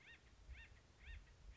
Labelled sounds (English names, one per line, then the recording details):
Acorn Woodpecker
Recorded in Sonoma County, California